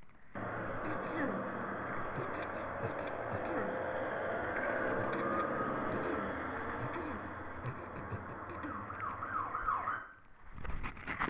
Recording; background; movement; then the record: throat clearing; traffic; sitting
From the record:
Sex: female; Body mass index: 18.3 kg/m2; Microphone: on the chest, facing the body